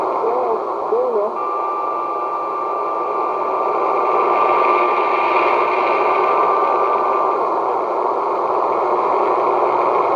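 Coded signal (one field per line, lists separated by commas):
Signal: numbers station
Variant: HM01 digital mode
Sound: continuous dense hissing data signal with a steady faint tone, no voice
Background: radio static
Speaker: number station hmo1 hybrid station call up in Spanish and then into digital mode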